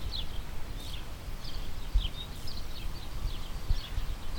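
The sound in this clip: Bird calls as thin, high chirps about every half second, partly masked by steady low rumbling noise.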